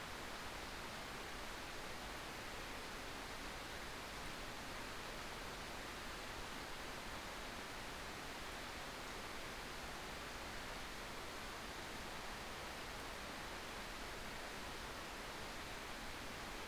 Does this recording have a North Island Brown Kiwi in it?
no